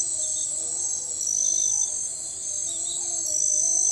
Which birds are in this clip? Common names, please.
none